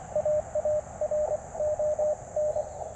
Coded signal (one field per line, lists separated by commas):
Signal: Morse code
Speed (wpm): 20 wpm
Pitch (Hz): 590 Hz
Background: radio noise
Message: AARON